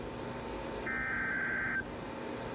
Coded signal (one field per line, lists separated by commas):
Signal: Emergency Alert System (SAME) tones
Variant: header bursts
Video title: EAS- Second NWR Weekly of July (7/9/25) WXL36